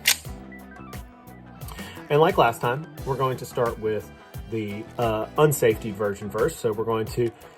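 The slide of a 1911 pistol is racked back and released, stripping a plastic snap-cap dummy round from the magazine into the chamber and locking into battery with one sharp metallic hit at 0.1 s. Someone then talks over music. The snap cap is chambered and the slide is seated in battery.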